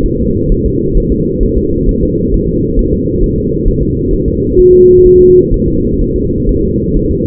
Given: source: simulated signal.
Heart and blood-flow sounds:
fetal heart sounds
0.06 s: S1
0.20 s: S2
0.52 s: S1
0.66 s: S2
0.97 s: S1
1.12 s: S2
1.43 s: S1
1.57 s: S2
1.89 s: S1
2.03 s: S2
2.34 s: S1
2.48 s: S2
2.79 s: S1
2.93 s: S2
3.24 s: S1
3.38 s: S2
3.68 s: S1
3.83 s: S2
4.13 s: S1
4.28 s: S2
4.59 s: S1
4.74 s: S2
5.06 s: S1
5.21 s: S2
5.54 s: S1
5.68 s: S2
6.02 s: S1
6.16 s: S2
6.49 s: S1
6.63 s: S2
6.97 s: S1
7.11 s: S2
From the record:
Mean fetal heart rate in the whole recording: 130 bpm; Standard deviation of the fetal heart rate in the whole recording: 4 bpm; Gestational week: 38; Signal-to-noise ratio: -10.2 dB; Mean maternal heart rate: 72 bpm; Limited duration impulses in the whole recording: present

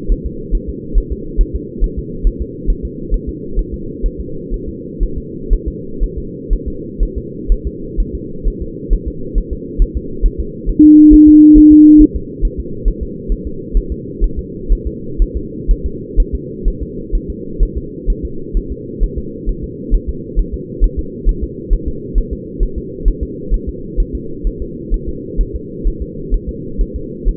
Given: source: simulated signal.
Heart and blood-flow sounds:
fetal heart sounds
0.12 s: S1
0.27 s: S2
0.55 s: S1
0.69 s: S2
0.98 s: S1
1.12 s: S2
1.41 s: S1
1.56 s: S2
1.84 s: S1
1.99 s: S2
2.27 s: S1
2.42 s: S2
2.70 s: S1
2.85 s: S2
3.14 s: S1
3.29 s: S2
3.59 s: S1
3.74 s: S2
4.06 s: S1
4.20 s: S2
4.54 s: S1
4.69 s: S2
5.03 s: S1
5.18 s: S2
5.53 s: S1
5.68 s: S2
6.03 s: S1
6.18 s: S2
6.53 s: S1
6.68 s: S2
7.03 s: S1
7.18 s: S2
7.52 s: S1
7.67 s: S2
8.00 s: S1
8.15 s: S2
8.47 s: S1
8.62 s: S2
8.93 s: S1
9.08 s: S2
9.38 s: S1
9.53 s: S2
9.82 s: S1
9.97 s: S2
10.25 s: S1
10.40 s: S2
10.69 s: S1
10.84 s: S2
11.14 s: S1
11.28 s: S2
11.58 s: S1
11.72 s: S2
12.01 s: S1
12.16 s: S2
12.45 s: S1
12.60 s: S2
12.88 s: S1
13.03 s: S2
13.32 s: S1
13.47 s: S2
13.77 s: S1
13.92 s: S2
14.24 s: S1
14.39 s: S2
14.72 s: S1
14.87 s: S2
15.22 s: S1
15.37 s: S2
15.71 s: S1
15.86 s: S2
16.20 s: S1
16.35 s: S2
16.68 s: S1
16.83 s: S2
17.15 s: S1
17.30 s: S2
17.63 s: S1
17.78 s: S2
18.10 s: S1
18.25 s: S2
18.57 s: S1
18.72 s: S2
19.03 s: S1
19.18 s: S2
19.49 s: S1
19.64 s: S2
19.94 s: S1
20.09 s: S2
20.39 s: S1
20.54 s: S2
20.84 s: S1
20.99 s: S2
21.29 s: S1
21.44 s: S2
21.73 s: S1
21.88 s: S2
22.18 s: S1
22.33 s: S2
22.63 s: S1
22.78 s: S2
23.08 s: S1
23.23 s: S2
23.54 s: S1
23.69 s: S2
24.00 s: S1
24.15 s: S2
24.47 s: S1
24.62 s: S2
24.94 s: S1
25.09 s: S2
25.41 s: S1
25.55 s: S2
25.87 s: S1
26.02 s: S2
26.34 s: S1
26.49 s: S2
26.81 s: S1
26.96 s: S2
27.28 s: S1
From the record:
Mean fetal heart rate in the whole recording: 130 bpm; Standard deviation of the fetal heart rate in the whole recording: 4 bpm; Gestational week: 38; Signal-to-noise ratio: -4.3 dB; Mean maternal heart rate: 72 bpm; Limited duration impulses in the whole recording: present

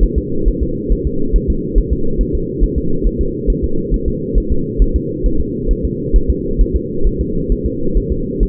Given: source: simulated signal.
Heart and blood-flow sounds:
fetal heart sounds
0.03 s: S1
0.18 s: S2
0.48 s: S1
0.63 s: S2
0.92 s: S1
1.07 s: S2
1.36 s: S1
1.50 s: S2
1.78 s: S1
1.93 s: S2
2.21 s: S1
2.35 s: S2
2.64 s: S1
2.78 s: S2
3.07 s: S1
3.21 s: S2
3.50 s: S1
3.64 s: S2
3.94 s: S1
4.08 s: S2
4.38 s: S1
4.52 s: S2
4.82 s: S1
4.96 s: S2
5.26 s: S1
5.41 s: S2
5.71 s: S1
5.85 s: S2
6.16 s: S1
6.30 s: S2
6.61 s: S1
6.76 s: S2
7.07 s: S1
7.21 s: S2
7.52 s: S1
7.66 s: S2
7.98 s: S1
8.12 s: S2
8.43 s: S1
From the record:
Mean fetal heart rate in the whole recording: 135 bpm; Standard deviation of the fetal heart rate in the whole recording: 3 bpm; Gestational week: 36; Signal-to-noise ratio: -8.1 dB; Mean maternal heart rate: 72 bpm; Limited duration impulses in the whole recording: present

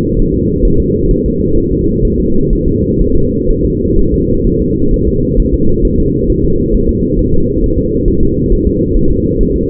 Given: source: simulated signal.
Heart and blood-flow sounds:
fetal heart sounds
0.19 s: S1
0.34 s: S2
0.65 s: S1
0.80 s: S2
1.11 s: S1
1.26 s: S2
1.58 s: S1
1.72 s: S2
2.05 s: S1
2.20 s: S2
2.53 s: S1
2.68 s: S2
3.02 s: S1
3.16 s: S2
3.50 s: S1
3.65 s: S2
3.99 s: S1
4.14 s: S2
4.47 s: S1
4.62 s: S2
4.94 s: S1
5.09 s: S2
5.40 s: S1
5.54 s: S2
5.85 s: S1
6.00 s: S2
6.30 s: S1
6.45 s: S2
6.74 s: S1
6.89 s: S2
7.19 s: S1
7.34 s: S2
7.64 s: S1
7.78 s: S2
8.08 s: S1
8.23 s: S2
8.52 s: S1
8.67 s: S2
8.97 s: S1
9.11 s: S2
9.41 s: S1
9.56 s: S2
From the record:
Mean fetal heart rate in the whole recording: 130 bpm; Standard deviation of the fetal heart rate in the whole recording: 4 bpm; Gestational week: 38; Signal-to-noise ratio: -16.4 dB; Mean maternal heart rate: 72 bpm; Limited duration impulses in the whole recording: present

